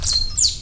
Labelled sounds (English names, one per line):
Stitchbird song